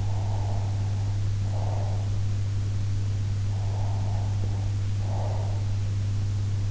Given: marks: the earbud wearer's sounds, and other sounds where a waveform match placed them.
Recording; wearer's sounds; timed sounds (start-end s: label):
sounds in sleep by an in-ear microphone; breath
0.00-2.28 s: breath
3.46-5.83 s: breath